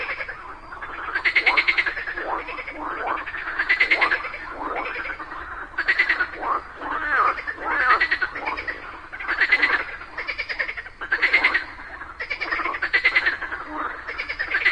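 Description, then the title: Frog chorus, pulsed croaks in repeated loud bursts, several callers overlapping. A group of frogs calling together just after daytime rain. "Just after it rained during the day, a group of frogs happily cooperated perfectly, creating a symphony of nature."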